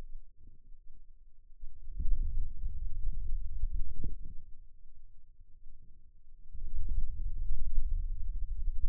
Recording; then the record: forearm muscle sounds (acoustic myography)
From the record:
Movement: hand opening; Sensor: system 2, bracelet of six BSWA MPA416 microphones around the upper forearm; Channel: 1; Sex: male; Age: 22 years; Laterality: right